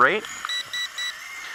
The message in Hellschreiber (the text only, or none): none